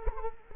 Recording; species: mosquito wingbeat signal from an infrared sensor; Culex quinquefasciatus